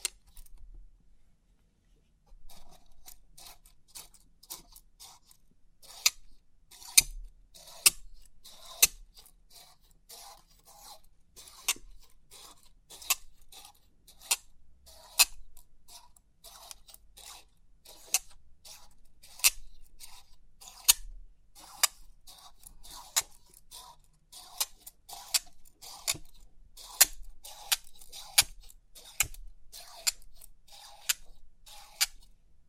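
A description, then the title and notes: Metal pins of a pin art toy click and tick crisply after a quiet first two seconds. The bright, dry taps come in an irregular stream until the end, with louder sharp snaps every second or two over a faint rustling. Crisp 3D Pin Art Tingles(No Talking).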